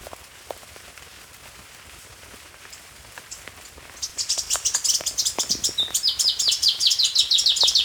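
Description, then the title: Black-crested warbler: quiet ticking at first, then a rapid series of thin, high chips building into a fast trill. "Myiothlypis Nigrocristata"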